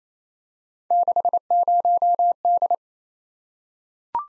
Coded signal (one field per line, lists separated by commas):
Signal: Morse code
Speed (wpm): 27 wpm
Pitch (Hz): 700 Hz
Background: none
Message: 60D